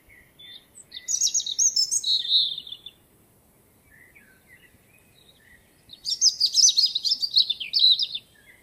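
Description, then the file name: European robin gives two liquid, jumbled song phrases of high trills and wavering whistles. The phrases are split by a quiet gap holding faint, lower chirps. "Erithacus rubecula"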